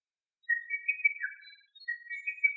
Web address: Lesser cuckoo